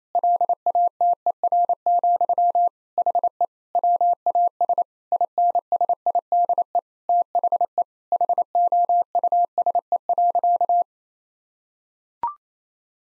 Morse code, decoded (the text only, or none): LATER, HE WAS INSIDE THE HOUSE.